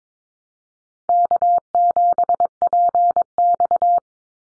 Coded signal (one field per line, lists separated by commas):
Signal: Morse code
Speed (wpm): 22 wpm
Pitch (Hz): 700 Hz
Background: none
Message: K7PX